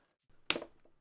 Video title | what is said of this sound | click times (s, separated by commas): Tineco Carpet ONE Cruiser Review – Is It Worth It? | So it just snapped right in. | 0.5 s